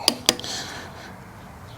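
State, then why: Torque reached. A torque wrench set to 100 ft-lb is pulled on the spindle nut of a 9K–15K trailer axle during bearing adjustment. A sharp metallic snap comes at 0.1 s, then the wrench's click at its setting rings out at 0.3 s, followed by a faint tap and a brief fading ring. The nut is confirmed torqued to 100 ft-lb.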